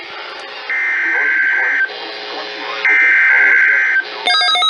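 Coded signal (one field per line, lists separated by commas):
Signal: Emergency Alert System (SAME) tones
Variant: header bursts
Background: speech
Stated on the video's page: Required Weekly Tests received in March 2020.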